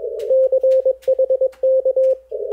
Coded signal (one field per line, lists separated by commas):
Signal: Morse code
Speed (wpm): 21 wpm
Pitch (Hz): 530 Hz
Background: none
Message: CHK